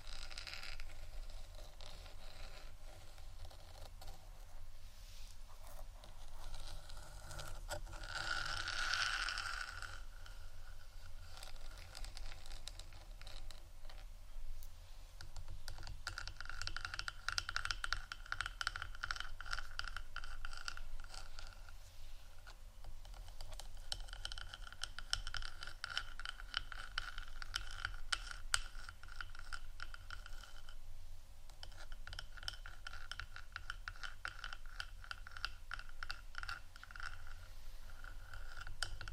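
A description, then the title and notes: Soft tapping and scratching runs through the whole recording, a dense, fast patter of light clicks like fingertips on a keyboard, with brushing scrapes in between. A brighter rustling swell comes near nine seconds, and busier stretches follow from about fifteen seconds on. A low steady hum sits underneath. ASMR Softly Tapping & Scratching （No Talking）.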